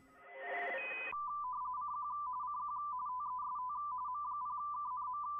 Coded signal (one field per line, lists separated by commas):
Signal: RTTY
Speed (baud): 45.45 baud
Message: CQ CQ TEST M0KNM